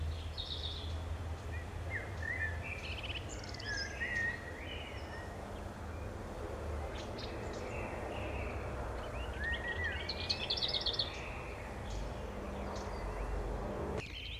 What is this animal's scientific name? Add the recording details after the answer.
Turdus merula. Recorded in the wild. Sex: male. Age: adult. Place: Bielefeld-Mitte, Nordrhein-Westfalen, DE. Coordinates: 52.0078, 8.54806. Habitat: residential district. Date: 1970-06-27. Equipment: Uher 4000 Report-S, Bändchenmikro Beyer M 260, Parabolspiegel Polyester (470 mm). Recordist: Conrads, Klaus. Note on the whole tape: Bielefeld, Am Tiefen Weg. Männchen auf dem Haus: Gesang. Ansage: Am Stiel 8